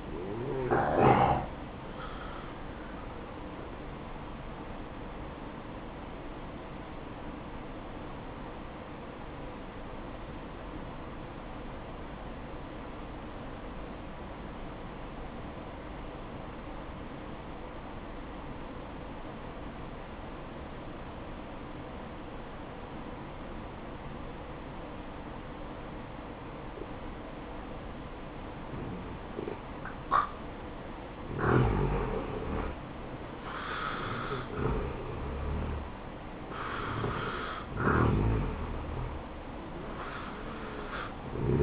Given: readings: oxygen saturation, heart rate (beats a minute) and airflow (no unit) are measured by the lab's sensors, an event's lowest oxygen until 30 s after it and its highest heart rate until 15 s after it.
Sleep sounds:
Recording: breathing in sleep by a voice recorder at the bedside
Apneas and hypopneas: 1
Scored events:
6.00-31.30 s: obstructive apnea (N1, oxygen 94% highest, then 83% lowest, heart rate 66 at the start, 71 highest)
From the record:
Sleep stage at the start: N1 (lightest sleep)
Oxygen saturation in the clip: 80 to 94%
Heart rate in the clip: 62 to 70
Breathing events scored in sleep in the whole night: 573 in 9.8 hours asleep

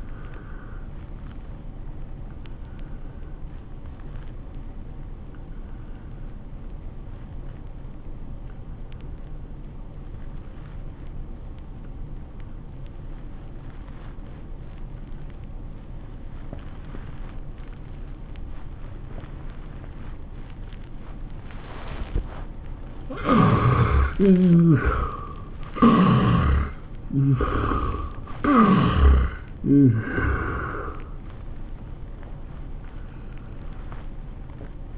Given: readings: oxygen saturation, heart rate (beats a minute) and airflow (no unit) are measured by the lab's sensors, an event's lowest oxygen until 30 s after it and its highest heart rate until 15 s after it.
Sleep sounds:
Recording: breathing in sleep by a smartphone at the bedside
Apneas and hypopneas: 1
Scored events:
7.00-24.10 s: obstructive apnea (N1, oxygen 97% highest, then 74% lowest, heart rate 78 at the start, 99 highest)
From the record:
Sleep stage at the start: N1 (lightest sleep)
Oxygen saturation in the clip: 75 to 97%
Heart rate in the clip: 73 to 99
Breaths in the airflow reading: 4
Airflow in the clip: -18.1 to 12.9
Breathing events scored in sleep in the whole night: 403 in 5.5 hours asleep

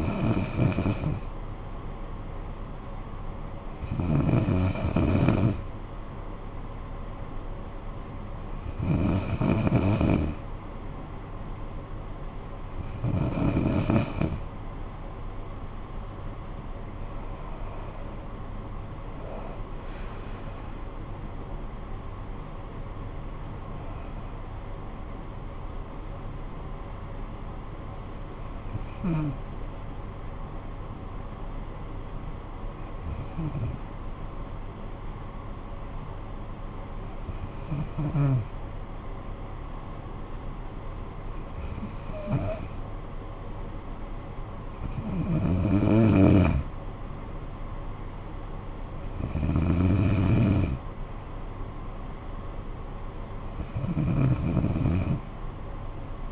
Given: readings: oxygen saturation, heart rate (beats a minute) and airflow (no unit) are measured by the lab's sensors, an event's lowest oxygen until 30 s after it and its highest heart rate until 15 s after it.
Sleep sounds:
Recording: breathing in sleep by a smartphone at the bedside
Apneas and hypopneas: none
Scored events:
none scored
From the record:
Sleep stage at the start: N2 (light sleep)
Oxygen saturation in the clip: 93 to 95%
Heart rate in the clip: 53 to 77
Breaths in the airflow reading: 13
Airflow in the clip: -15.4 to 11.8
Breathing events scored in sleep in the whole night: 445 in 7.6 hours asleep

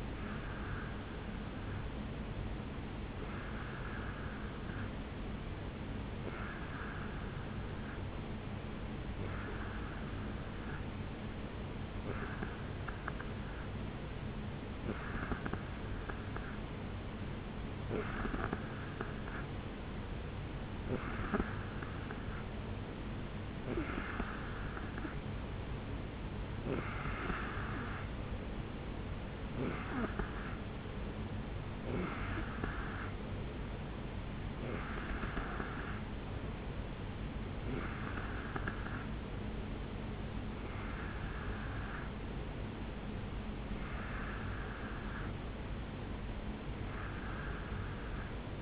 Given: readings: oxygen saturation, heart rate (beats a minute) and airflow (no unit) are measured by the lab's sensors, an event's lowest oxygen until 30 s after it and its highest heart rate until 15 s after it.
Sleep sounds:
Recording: breathing in sleep by a voice recorder at the bedside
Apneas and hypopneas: none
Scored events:
1.00-31.00 s: new sleep stage, N3 (deep sleep)
31.00-48.61 s: new sleep stage, N2 (light sleep)
From the record:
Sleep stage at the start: N2 (light sleep)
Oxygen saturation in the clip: 88 to 91%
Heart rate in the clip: 68 to 71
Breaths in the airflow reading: 17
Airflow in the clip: -4.4 to 3.1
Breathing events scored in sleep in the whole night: 449 in 7.0 hours asleep

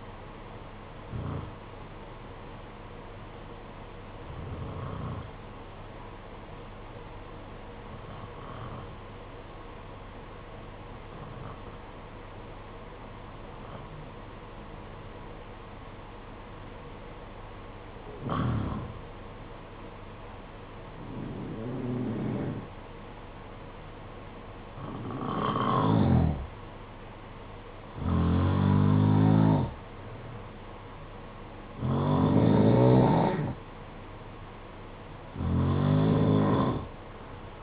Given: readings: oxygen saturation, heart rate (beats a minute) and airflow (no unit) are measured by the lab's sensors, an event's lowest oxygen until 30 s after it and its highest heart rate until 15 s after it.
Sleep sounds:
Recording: breathing in sleep by a voice recorder at the bedside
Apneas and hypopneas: 1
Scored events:
4.00-25.60 s: hypopnea (N2, oxygen 95% highest, then 88% lowest, heart rate 51 at the start, 59 highest)
19.00-37.62 s: new sleep stage, N1 (lightest sleep)
From the record:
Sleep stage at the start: N2 (light sleep)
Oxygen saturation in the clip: 90 to 95%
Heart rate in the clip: 51 to 59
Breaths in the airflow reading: 11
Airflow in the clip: -7.0 to 4.6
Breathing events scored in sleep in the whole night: 476 in 9.7 hours asleep

